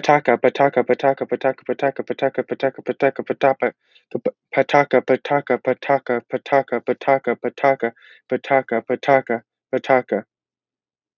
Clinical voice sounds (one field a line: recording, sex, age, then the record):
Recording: repeated syllables /pa ta ka/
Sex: male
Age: 18 to 19 years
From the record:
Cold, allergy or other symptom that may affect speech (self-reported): no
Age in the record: 19 years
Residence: Georgia, United States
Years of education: 13